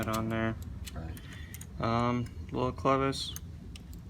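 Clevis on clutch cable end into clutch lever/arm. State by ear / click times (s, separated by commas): seated / 3.8 s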